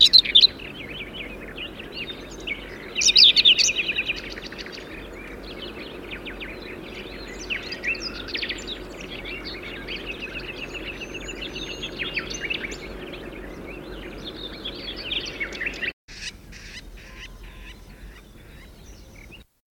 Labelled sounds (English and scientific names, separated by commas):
Common Whitethroat (Sylvia communis)